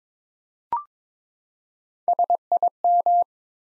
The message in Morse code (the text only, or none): SIM